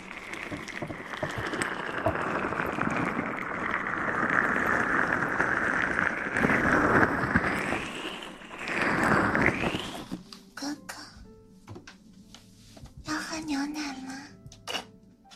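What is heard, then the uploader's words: Ear massage: ten seconds of dense, loud rubbing and rustling that rises and swells, then sparse soft taps, clicks and a brief murmur. ASMR Ear cleaning & Ear massage.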